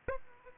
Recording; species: mosquito wingbeat signal from an infrared sensor; Aedes aegypti